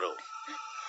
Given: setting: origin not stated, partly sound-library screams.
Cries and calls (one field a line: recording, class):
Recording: one-second piece from a danger detection set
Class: woman in danger